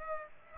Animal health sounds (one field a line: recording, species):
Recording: mosquito wingbeat signal from an infrared sensor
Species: Aedes aegypti